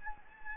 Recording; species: mosquito wingbeat signal from an infrared sensor; Anopheles gambiae